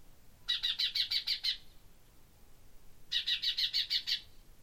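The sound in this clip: Common chaffinch calls: two quick bursts of several clipped, high notes, separated by a gap of roughly one and a half seconds.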